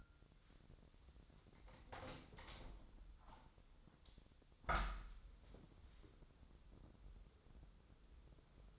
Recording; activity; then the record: daily activity, microphone in the room; open window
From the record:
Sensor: 3